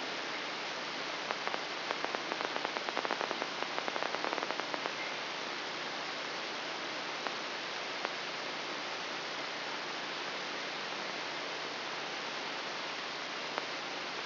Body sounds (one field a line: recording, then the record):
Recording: brain microelectrode recording played as sound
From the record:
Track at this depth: inside the subthalamic nucleus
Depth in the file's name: 2.909 mm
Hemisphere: left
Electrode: 3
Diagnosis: Parkinson's disease